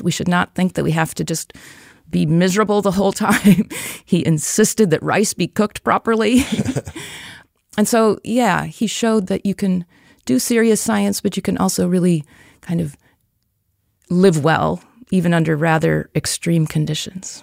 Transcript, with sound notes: We should not think that we have to just be miserable the whole time. He insisted that rice be cooked properly. [Laughter] So yeah, he showed that you can do serious science, but you can also really live well even under rather extreme conditions.